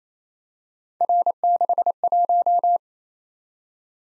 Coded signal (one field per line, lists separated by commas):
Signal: Morse code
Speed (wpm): 29 wpm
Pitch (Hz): 700 Hz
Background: none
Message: R61